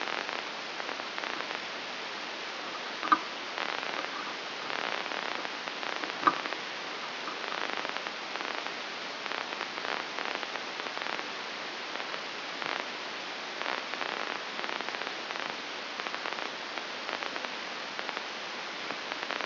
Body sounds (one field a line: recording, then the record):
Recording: brain microelectrode recording played as sound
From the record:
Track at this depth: outside the subthalamic nucleus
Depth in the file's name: 7.26 mm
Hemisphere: left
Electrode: 2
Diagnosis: Parkinson's disease